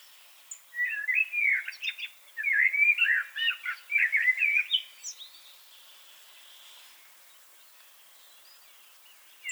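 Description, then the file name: Common blackbird delivering one long warbled song phrase with clear whistled notes and brief high squeaks, followed by several seconds of near quiet. "Turdus merula"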